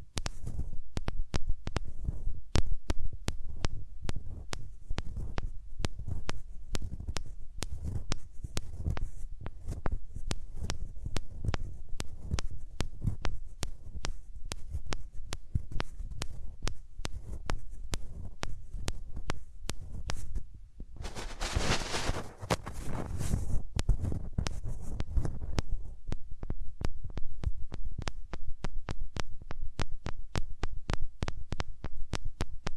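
Hands rub over the ears close up, making a steady, muffled low rumble with soft thumping like a pulse. Dense crackles and skin clicks run throughout. After a brief pause near the twenty-second mark, a brighter, hissing rub lasts about four seconds.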